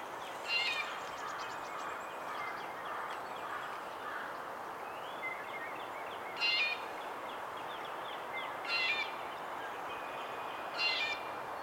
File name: Melanerpes carolinus - Red-bellied Woodpecker